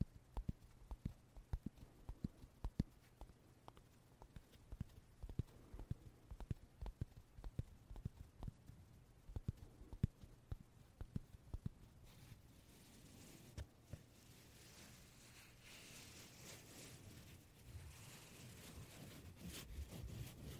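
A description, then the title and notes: Puff sounds with no talking. For the first twelve seconds, sharp dry clicks and taps come in quick, uneven bursts over a low steady hum. After that a soft hissing rush of air takes over and slowly swells, with only occasional clicks. 말없이 퍼프 소리만, 가득 담아봤어요 puff sound no talking asmr.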